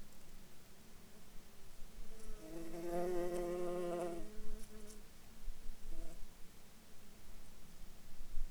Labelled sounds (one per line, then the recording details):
insects
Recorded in Ivvavik National Park, Yukon, on 3 July 2019 at 23:34
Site SINP09